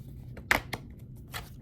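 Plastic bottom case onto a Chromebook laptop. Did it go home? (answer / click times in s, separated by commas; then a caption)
yes / 0.5 s, 0.7 s. A Chromebook laptop is laid on top of its separate plastic bottom case and pushed down at each corner anchor point. Two sharp clicks sound at 0.5 s and 0.7 s, followed by a softer rustle near 1.4 s. The bottom case snaps onto the laptop's corners and is seated.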